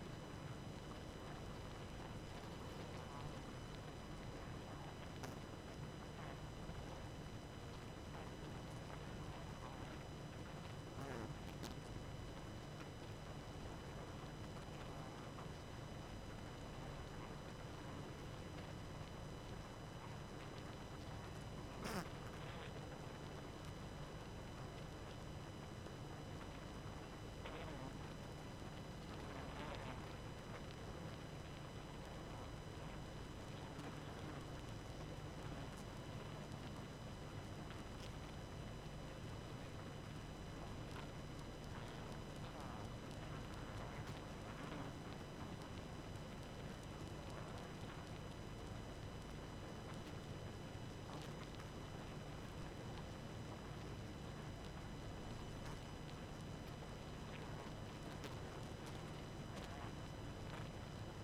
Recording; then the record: honeybee colony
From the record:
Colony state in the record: active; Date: 12 June 2018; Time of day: 23:25